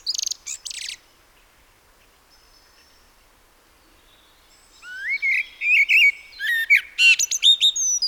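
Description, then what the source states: Common Blackbird song: fluty rising and falling whistled phrases ending in high twittery notes, after a brief burst of high sharp chirps and a quiet stretch. Song described as sometimes irritating and ultimately arid in character.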